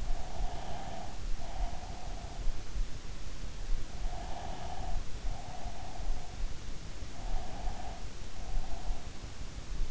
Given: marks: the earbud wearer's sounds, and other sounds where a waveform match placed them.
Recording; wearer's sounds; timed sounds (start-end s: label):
sounds in sleep by an in-ear microphone; breath
0.00-2.71 s: breath
4.02-6.41 s: breath
7.27-9.47 s: breath